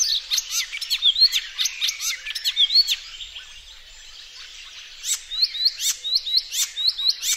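Icterine warbler song: rapid chattering with rising-falling whistles, a short lull, then a brisk series of repeated hooked notes.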